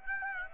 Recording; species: mosquito wingbeat signal from an infrared sensor; Aedes aegypti